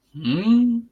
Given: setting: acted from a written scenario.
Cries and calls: vocal sound without words; confusion

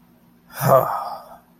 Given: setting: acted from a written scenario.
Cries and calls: vocal sound without words; disappointment

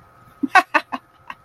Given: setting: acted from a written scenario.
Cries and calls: vocal sound without words; amusement

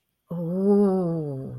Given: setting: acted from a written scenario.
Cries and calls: vocal sound without words; awe

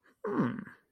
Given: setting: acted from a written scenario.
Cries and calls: vocal sound without words; interest

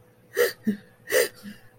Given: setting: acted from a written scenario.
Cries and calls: vocal sound without words; sadness

